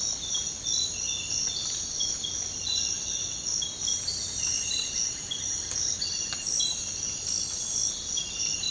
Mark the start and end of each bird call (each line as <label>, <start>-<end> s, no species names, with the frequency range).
bird call (0.9-2.1 kHz), 4.27-6.13 s